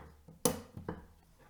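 A wire fan clip on the second side of a fan is pulled down and hooks onto the fins of a CPU cooler heatsink during a Cooler Master NR200P air-cooled PC build. A sharp metallic snap is heard at 0.5 s, followed by a softer tap at 0.9 s. The clip is confirmed seated, holding the fan in place on the heatsink.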